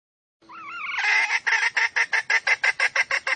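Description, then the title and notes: Junglefowl female call opening with wavy, undulating notes, then a loud train of rhythmic clucks. Female junglefowl; recording used as a lure to attract wild junglefowl. "Pancingan Ayam Hutan Betina. Suara Ayam Hutan Betina. Pemikat Ayam Hutan"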